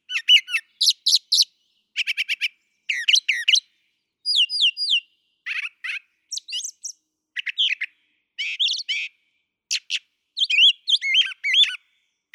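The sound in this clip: Brown thrasher singing rapidly varied phrases, paired sharp notes, rasping bursts and descending whistles, in a nearly continuous run with brief gaps.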